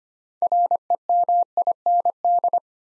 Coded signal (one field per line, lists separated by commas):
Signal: Morse code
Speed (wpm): 25 wpm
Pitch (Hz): 700 Hz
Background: none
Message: REMIND